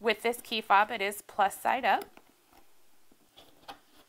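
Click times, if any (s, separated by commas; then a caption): none. A new coin cell battery is being handled for a 2004–2006 Scion xB key fob; it is to go plus side up into the key fob's battery holder. Someone talks for the first two seconds, then faint handling noises follow, with a small sharp sound near 3.4 seconds. Nothing has seated or snapped into place yet.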